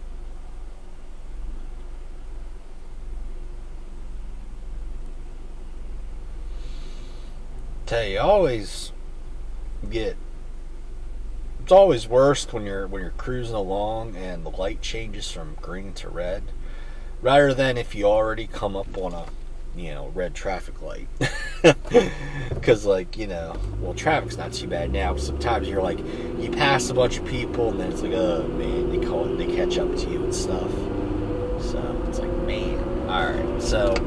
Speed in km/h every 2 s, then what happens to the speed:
0, 0, 0, 0, 0, 0, 0, 0, 0, 0, 0, 2, 19, 29, 39, 48, 58.
0-22 standing. 22-34 pulls away to 58.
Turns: none.